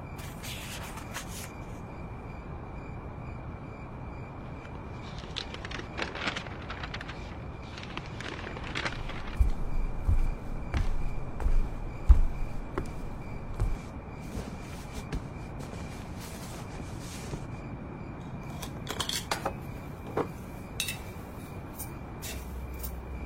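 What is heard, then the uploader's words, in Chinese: Writing and page-turning at night, over a steady low hum and a faint constant high whine. Short bursts of scratching and light tapping come in clusters near the start, around the middle, and again near the end. 深夜在宿舍学习 超舒适夜间写字声翻书声。深夜宿舍学习 氛围白噪音。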